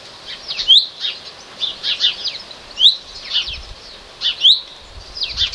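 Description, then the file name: Common chaffinch calls: sharp rising chips spaced about every second or two, overlapping a steady chatter of thin high twittering notes. "Fringilla coelebs"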